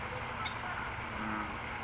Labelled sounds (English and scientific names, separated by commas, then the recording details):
California Towhee (Melozone crissalis)
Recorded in Sonoma County, California